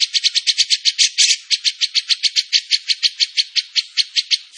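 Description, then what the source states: Bird song: a loud, even series of rapid, harsh, buzzy notes, about five a second, sustained without pause. Masteran training recording of a tembakan bird singing energetically (gacor); Indonesia.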